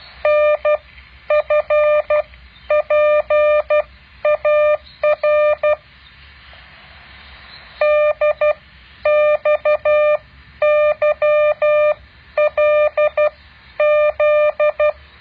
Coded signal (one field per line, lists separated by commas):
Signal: Morse code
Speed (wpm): 12 wpm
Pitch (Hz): 600 Hz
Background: none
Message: NFPAR DXYLZ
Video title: แบบฝึกหัด Morse code 9.8